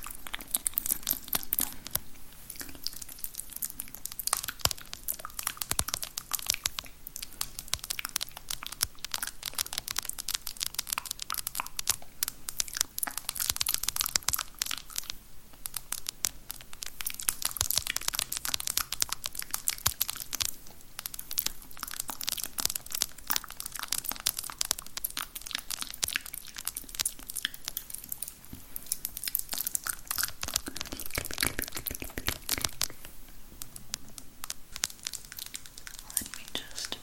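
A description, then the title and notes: Long nails work over random objects in a spit-painting routine, making a dense, constant run of crinkly, crackling scratches and taps. The texture stays bright and busy for the whole stretch, with brief dips in loudness near 2, 15 and 33 seconds. ASMR Girl With Long Nails Spit Paints You With Random Objects.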